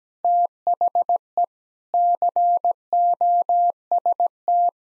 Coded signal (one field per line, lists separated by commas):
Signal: Morse code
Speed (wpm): 17 wpm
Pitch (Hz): 700 Hz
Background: none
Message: THE COST